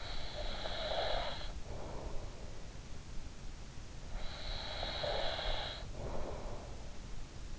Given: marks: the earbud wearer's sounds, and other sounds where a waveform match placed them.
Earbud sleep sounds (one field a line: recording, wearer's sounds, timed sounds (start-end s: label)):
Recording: sounds in sleep by an in-ear microphone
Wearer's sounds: snoring breath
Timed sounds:
0.00-2.32 s: snoring breath
4.15-6.72 s: snoring breath